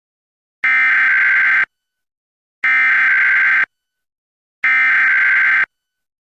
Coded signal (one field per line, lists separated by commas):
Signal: Emergency Alert System (SAME) tones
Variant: header bursts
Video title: EAS #1148-1149: 2 EAS Required Monthly Tests- Dec. 11, 2025- 12:15AM PST